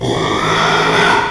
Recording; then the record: squeal of a Yucatan mini pig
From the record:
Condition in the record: after surgery on the right vocal fold (resection and tissue-engineered implant); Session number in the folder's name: 1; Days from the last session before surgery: 6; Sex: male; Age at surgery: 12 weeks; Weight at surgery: 13 kg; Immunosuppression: cyclosporine, prednisolone